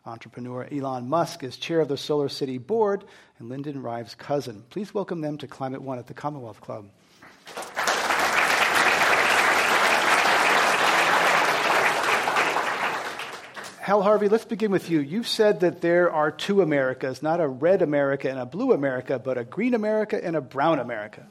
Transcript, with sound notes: Entrepreneur Elon Musk is chair of the SolarCity board and Lyndon Rive’s cousin. Please welcome them to Climate One at the Commonwealth Club.
[Applause]
Hal Harvey, let's begin with you. You’ve said that there are two Americas, not a red America and a blue America but a green America and a brown America.